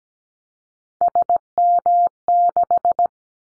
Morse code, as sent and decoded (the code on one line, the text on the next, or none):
... -- -....
SM6